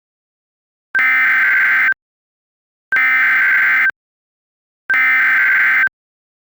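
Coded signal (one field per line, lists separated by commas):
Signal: Emergency Alert System (SAME) tones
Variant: header bursts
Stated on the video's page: Recreated EAS alerts; SAME tones made with Wolf's EAS Encoder and EASyKIT, with a WR-10 weather radio and valid tones.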